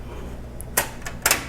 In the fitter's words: and it just snaps right in.